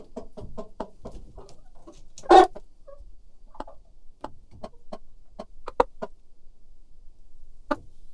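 Chicken clucks: soft, short, dry notes repeated unevenly throughout, broken by one louder, harsher squawk early on.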